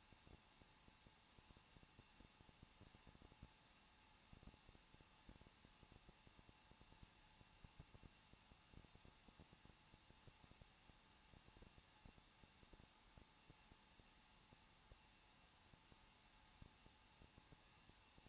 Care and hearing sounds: daily activity, microphone in the room; no activity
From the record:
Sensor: 1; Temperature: 20.1 degrees Celsius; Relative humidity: 39.1%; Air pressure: 1006.4 hPa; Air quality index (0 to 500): 216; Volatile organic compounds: 74 ppm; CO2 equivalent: 3552 ppm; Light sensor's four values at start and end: 1/2/1/1 and 1/2/1/1

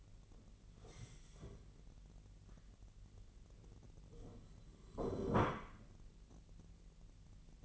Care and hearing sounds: daily activity, microphone in the room; stand up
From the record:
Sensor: 4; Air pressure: 1002.5 hPa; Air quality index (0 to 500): 249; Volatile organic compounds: 38 ppm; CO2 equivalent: 3112 ppm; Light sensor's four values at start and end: 11/25/10/10 and 12/26/11/11

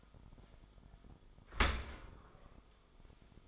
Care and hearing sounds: daily activity, microphone in the room; open dishwasher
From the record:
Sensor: 5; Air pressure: 1004.7 hPa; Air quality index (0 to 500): 90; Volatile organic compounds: 2 ppm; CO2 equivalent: 1081 ppm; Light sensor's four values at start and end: 33/77/31/30 and 32/74/30/30

